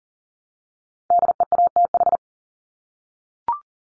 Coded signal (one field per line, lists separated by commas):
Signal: Morse code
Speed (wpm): 39 wpm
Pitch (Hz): 700 Hz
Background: none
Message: DEATH